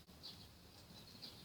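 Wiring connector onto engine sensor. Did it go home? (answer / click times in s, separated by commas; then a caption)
no / none. An electrical wiring connector is pushed onto an engine sensor (an air-flow meter or O2 sensor) during engine reassembly. Only a low steady rumble and faint high chirps around 0.3 s and 1.2 s are heard. Nothing has seated or clicked yet.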